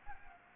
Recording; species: mosquito wingbeat signal from an infrared sensor; Anopheles gambiae